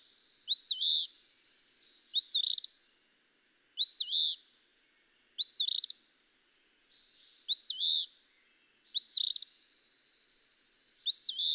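Eastern phoebe repeating its raspy, arched two-part phrase about seven times, mixed with longer buzzy trilled passages.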